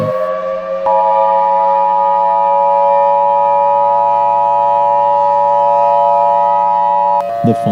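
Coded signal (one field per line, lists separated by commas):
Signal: Emergency Alert System (SAME) tones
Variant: 853 and 960 Hz attention tone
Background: speech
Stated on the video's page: Fictional EAS scenario about hostile aliens, not a real alert.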